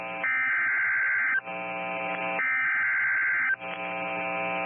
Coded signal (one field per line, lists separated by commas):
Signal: Emergency Alert System (SAME) tones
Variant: header bursts